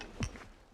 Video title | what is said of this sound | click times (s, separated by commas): Baja 1000 TV | Has a super nice slide mount that just clicks right in. | 0.2 s